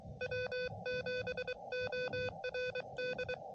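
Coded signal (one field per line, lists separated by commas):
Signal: Morse code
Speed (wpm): 23 wpm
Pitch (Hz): 500 Hz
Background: none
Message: W7ORD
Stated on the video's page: QRP CW park activation using an Elecraft KH1.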